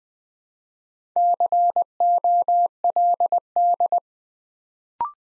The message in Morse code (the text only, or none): COLD